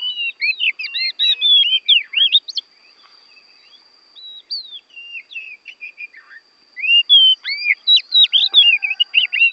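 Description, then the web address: Oriental magpie-robin singing bright, varied whistled phrases with sharp upslurs and downslurs, going quieter for a few seconds midway before another lively burst; a faint constant high tone runs throughout. Oriental magpie-robin from Borneo; a recording meant for training other songbirds to copy its song (masteran). "kacer borneo. masteran kacer"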